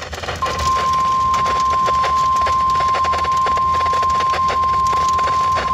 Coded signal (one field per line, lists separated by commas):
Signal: Emergency Alert System (SAME) tones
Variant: 1050 Hz attention tone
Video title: Bad Luck I | EAS Capture 40